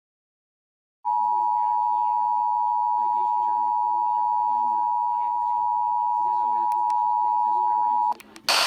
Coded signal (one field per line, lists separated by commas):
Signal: Emergency Alert System (SAME) tones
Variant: 853 and 960 Hz attention tone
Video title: DC Monthly June 2021: Two stations at one time, a TN mock, and some HD subchannels(EAS 1,228-1,256)